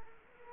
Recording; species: mosquito wingbeat signal from an infrared sensor; Culex quinquefasciatus